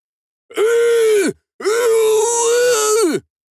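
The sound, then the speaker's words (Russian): Two loud, drawn-out mooing calls from Gubo, a creature in an audiobook story, a short one followed by a longer one, each steady and tonal before sagging downward in pitch at the end. No talking. “Гул нарастает, а потом переходит в более знакомое мычание, только очень громкое.”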